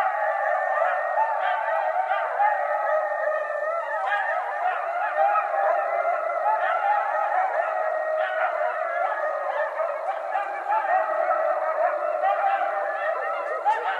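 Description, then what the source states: Coyote chorus of overlapping howls and quick yips, continuous and loud, pitches wavering up and down with sharp yelps scattered throughout. Coyotes on 20 January 2012.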